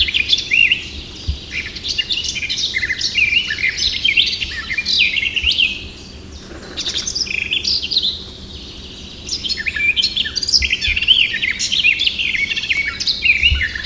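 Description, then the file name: Eurasian blackcap song with busy, twittering warbled bursts separated by two short pauses, each phrase mixing quick high whistles and scratchy notes. "Sylvia atricapilla"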